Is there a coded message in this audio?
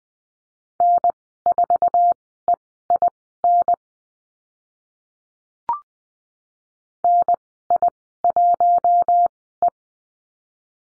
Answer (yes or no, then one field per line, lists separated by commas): yes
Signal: Morse code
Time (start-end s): 0.8-9.7 s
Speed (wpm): 20 wpm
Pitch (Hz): 700 Hz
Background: none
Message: N4EIN NI1E